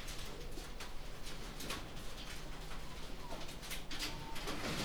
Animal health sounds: poultry house recording; healthy chickens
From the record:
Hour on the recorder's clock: 18

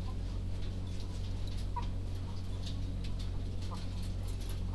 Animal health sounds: poultry house recording; sick chickens (respiratory disease)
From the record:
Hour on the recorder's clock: 20

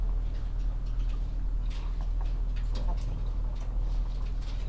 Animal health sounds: poultry house recording; sick chickens (respiratory disease)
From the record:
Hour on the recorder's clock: 10

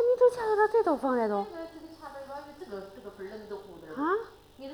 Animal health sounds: poultry house recording; no chicken sound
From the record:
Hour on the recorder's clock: 14

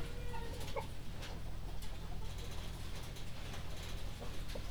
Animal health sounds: poultry house recording; healthy chickens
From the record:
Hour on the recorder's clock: 1

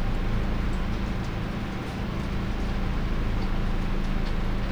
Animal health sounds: poultry house recording; no chicken sound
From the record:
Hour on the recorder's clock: 22

